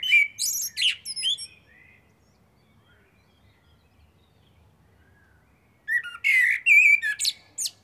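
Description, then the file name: Common blackbird with two song phrases: each starts with low, melodious whistles and closes with shrill, scratchy twitters, about four seconds of near silence between them. "Turdus merula"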